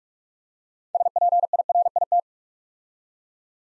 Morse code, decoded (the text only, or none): SPIRIT